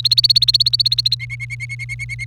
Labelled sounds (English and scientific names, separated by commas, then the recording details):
Domestic Canary (Serinus canaria) song
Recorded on 28 April 2018 at 06:22
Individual llb3